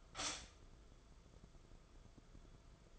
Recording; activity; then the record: daily activity, microphone in the room; stop toaster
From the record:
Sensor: 5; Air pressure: 994.6 hPa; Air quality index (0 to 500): 183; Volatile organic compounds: 1000 ppm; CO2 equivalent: 5339 ppm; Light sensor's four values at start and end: 44/135/53/58 and 41/126/49/53